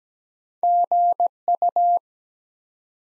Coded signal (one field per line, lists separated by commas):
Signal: Morse code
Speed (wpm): 17 wpm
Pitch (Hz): 700 Hz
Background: none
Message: GU